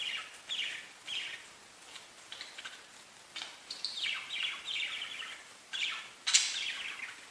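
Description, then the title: Budgerigar chirps, bright, scratchy notes that slur downward, given irregularly throughout, some in quick pairs, with a sharper, higher note near the end. "Budgie Sounds"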